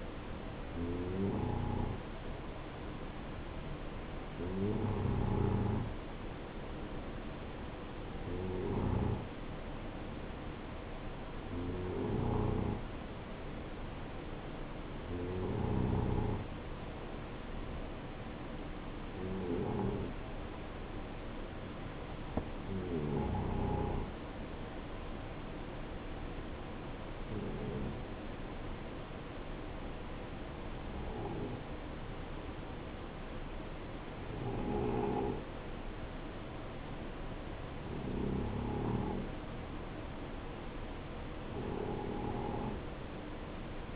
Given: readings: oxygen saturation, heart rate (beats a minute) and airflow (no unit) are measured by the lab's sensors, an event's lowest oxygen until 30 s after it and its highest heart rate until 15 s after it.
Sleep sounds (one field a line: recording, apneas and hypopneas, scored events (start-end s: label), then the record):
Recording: breathing in sleep by a voice recorder at the bedside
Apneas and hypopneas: none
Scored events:
none scored
From the record:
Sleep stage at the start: N2 (light sleep)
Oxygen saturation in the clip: 91 to 92%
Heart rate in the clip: 62 to 70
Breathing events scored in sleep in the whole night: 277 in 7.4 hours asleep